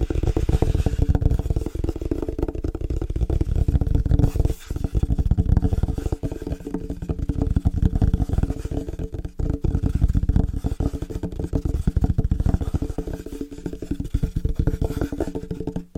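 Fast, rhythmic tapping on different surfaces runs the whole way through as a dense stream of quick, sharp hits that barely pause. The taps sound mostly low and woody with a steady ringing hum beneath them, and there are brief gaps near four and a half and nine seconds.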